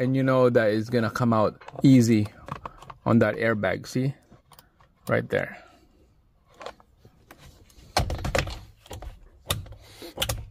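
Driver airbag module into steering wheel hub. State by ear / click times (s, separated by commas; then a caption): seated / 8.0 s, 9.5 s. Someone talks while working on the steering wheel of a new Honda Civic. Then the driver airbag module is pressed back into the steering wheel hub, and sharp thunks ring out as its spring clips engage at 8.0 s and 9.5 s. The module snaps into place and is seated.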